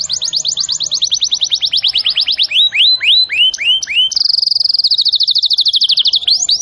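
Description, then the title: Canary song: rapid repeated down-slurred notes, then looping upswept whistles, then a long fast high trill ending in rising notes. Canary song in the cengkok style; a master recording. "Cengkok Kenari Mewah. MASTERAN KENARI CENGKOK mewah"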